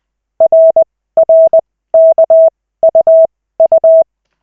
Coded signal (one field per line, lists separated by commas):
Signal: Morse code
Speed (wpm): 20 wpm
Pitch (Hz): 650 Hz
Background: none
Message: RRKUU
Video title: Koch 3/40, 14.12.2024, 2nd CW practice session